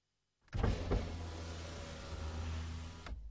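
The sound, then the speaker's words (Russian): A car's power window motor whirs steadily as the glass lowers partway in the evening for about two and a half seconds, starting with a click and ending in a soft thunk, with no voices. “Я приоткрыл окно, и вечерний воздух заполз в салон.”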